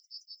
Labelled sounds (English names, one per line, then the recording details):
Yellowhammer song
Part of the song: start
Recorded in the Czech Republic